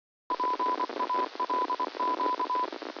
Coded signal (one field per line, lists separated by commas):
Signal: Morse code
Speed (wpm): 24 wpm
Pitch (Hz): 1000 Hz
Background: none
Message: PALQ